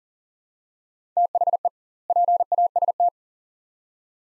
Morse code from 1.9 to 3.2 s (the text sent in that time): PAST